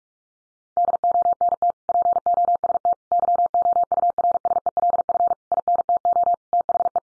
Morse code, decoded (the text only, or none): DONT POST YOURSELF INTO THE